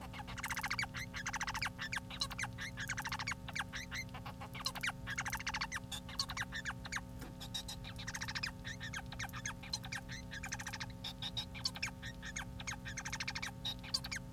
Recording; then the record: song of a male Bengalese finch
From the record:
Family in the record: son of father 4